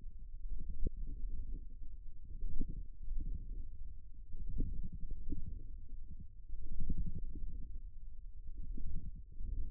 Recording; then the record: forearm muscle sounds (acoustic myography)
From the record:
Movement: wrist flexion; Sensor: system 1, eight BSWA MPA416 microphones around the upper forearm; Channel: 8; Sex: male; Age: 54 years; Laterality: right